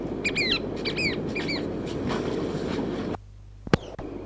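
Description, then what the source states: Chatham Island oystercatcher uttering three quick downslurred whistled pairs in the first seconds, followed by rushing noise, then near silence with a couple of clicks. Chatham Islands; described as song.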